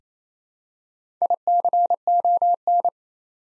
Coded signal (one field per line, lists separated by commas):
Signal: Morse code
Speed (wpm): 27 wpm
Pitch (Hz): 700 Hz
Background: none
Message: ICON